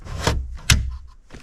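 A car stereo/navigation head unit in a Porsche 997, during an mr12volt Bluetooth install, is pushed into its dashboard mounting slot after its locking mechanisms have been turned clockwise to engage. A softer knock comes at 0.3 s, then the retaining clips catch with one loud, sharp click at 0.7 s. The unit is seated and fixed in place so it won't come out.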